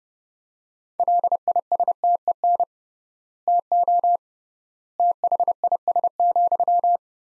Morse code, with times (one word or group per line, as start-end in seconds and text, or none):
1.0-2.6 LISTEN
3.5-4.2 TO
5.0-7.0 THIS,